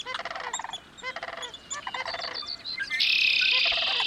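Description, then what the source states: Sandhill crane rolling, rattling bugles in short bursts, then a steady high buzzing sound from about three seconds on, with chirps behind. A pair at marsh ponds along Slough Creek in Yellowstone at sunrise, likely up from wintering grounds in New Mexico to breed there.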